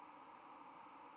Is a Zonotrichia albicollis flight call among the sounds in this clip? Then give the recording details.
no. Another species' flight call is heard. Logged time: 04:41 on 31 October 2014